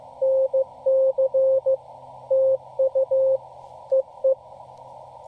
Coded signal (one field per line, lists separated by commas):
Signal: Morse code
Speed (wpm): 17 wpm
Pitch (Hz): 530 Hz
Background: none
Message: NC TU EE